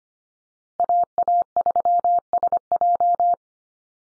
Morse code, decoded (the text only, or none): AA3SJ